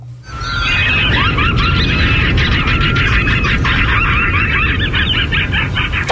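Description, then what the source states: Red knot foraging calls, a dense busy chatter of short overlapping notes and whistles, continuous for several seconds over a steady low hum. Rufa red knots calling while foraging; declining shorebird, down about 94% over four decades, wintering in Florida, known for 19,000-mile round-trip migrations.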